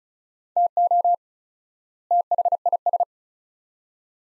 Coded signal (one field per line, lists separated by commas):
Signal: Morse code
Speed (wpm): 36 wpm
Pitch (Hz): 700 Hz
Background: none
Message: TO THIS